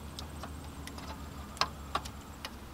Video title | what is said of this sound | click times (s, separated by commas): BimmerTech 8.8" VividScreen Installation in a BMW F30 | and slide it right in until it clicks in place | 1.6 s